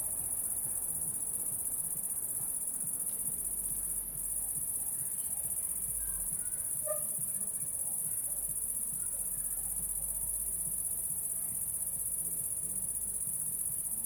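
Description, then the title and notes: Cricket trilling high and even, with one brief dip, a faint soft chirp near the middle and low rumble beneath. Recorded at La Sablière, Saint-Privat-de-Champclos, France, with a Zoom H6 and M/S microphone. "Saint-Privat-de-Champclos, France - cricket la sabliére. cricket la sabliére Captation : ZOOMH6 + M/S Microphone"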